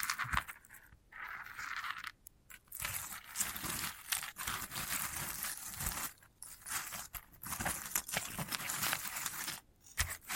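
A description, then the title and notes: Dry scratching and crinkly rustling over a sunflower head, dense and continuous, with brief silent gaps near two, six and ten seconds. ASMR of a Sunflower Head (No Talking).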